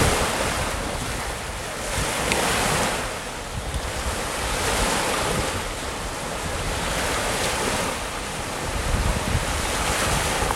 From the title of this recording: Sounds of the ocean